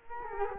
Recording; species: mosquito wingbeat signal from an infrared sensor; Culex quinquefasciatus